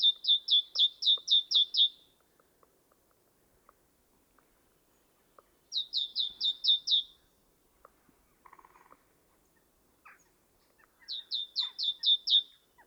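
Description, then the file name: Great tit delivering three bursts of seven or eight rapid two-note phrases, each falling in pitch, with brief pauses and a short buzzy sound between. "Parus major"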